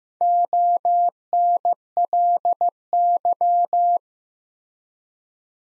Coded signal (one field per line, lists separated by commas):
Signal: Morse code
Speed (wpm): 14 wpm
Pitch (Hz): 700 Hz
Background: none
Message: ONLY